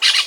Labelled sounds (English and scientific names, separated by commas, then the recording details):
Brown-throated Parakeet (Eupsittula pertinax) contact call
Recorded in Venezuela
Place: Guárico; Corozopando; Fundo La Fe
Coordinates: 8.506, -67.593